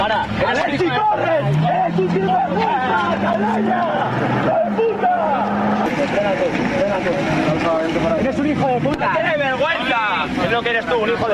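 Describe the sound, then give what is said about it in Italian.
A dense crowd of fans shouts and jeers nonstop at football players returning home by car at night from the airport, many voices overlapping in a loud, chaotic din, while a car engine hums low underneath for the first few seconds. “Intanto, visto che le pessime abitudini non abitano solo in Italia, sentite, vi faccio sentire come sono stati accolti nella notte i giocatori del Real Madrid che tornavano con le loro auto a casa, non da Barcellona, ma ovviamente dall'aeroporto.”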